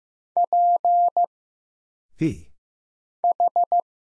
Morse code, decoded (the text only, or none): P H